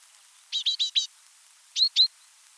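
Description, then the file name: Marsh warbler song fragment: four quick harsh chirps in a row, a pause, then two sharp whistled notes. Recorded in a marsh in France on 7 July 1984. "Rousserolle verderolle 19840707 1000 25 marais-Frane"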